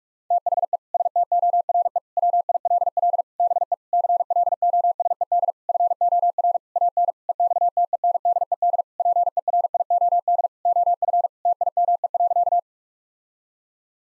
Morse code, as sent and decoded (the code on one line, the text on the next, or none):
- .... . / ... - --- .-. . / .-- .. .-.. .-.. / -... . / -.-. .-.. --- ... . -.. / ..-. --- .-. / .- -. / . -..- - . -. -.. . -.. / .--. . .-. .. --- -.. / --- ..-. / - .. -- . .-.-.-
THE STORE WILL BE CLOSED FOR AN EXTENDED PERIOD OF TIME.